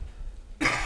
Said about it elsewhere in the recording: Hear that cough? Yeah, we just did a lot of weed together.